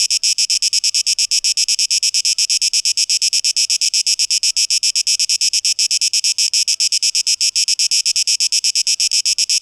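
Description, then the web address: Continuous cicada song, a hissing high buzz broken into quick regular beats, with nothing else clearly audible. 12 August 2023; tape echo mix. "rauschpartikel 2023-08-12 Zikaden"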